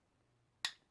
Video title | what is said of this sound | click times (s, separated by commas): THE BEST EDC KNIFE REVIEW SPYERDCO NATIVE 5 VS MANIX 2 LIGHTWEIGHT | just gonna lock into place | 0.6 s